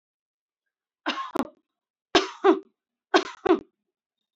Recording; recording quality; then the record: heavy voluntary cough; excellent, no background noise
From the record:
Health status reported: healthy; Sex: female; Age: 39 years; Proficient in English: yes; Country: India